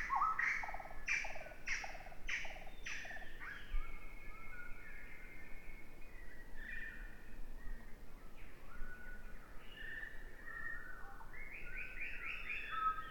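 Bird song opening with a fast series of bright repeated chirps, followed by varied whistled phrases and trills over low rumbling noise.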